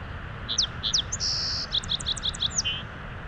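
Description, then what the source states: Song sparrow song: two or three high introductory notes, a long sustained note, a rapid series of notes, then a lower note at the end, over a soft background hiss. Big Meadows, west side of Rocky Mountain National Park, Colorado, with small snowmelt-fed streams; song in three parts: two or three introductory notes, a trill, a closing jumble; sounds like Lincoln's sparrow.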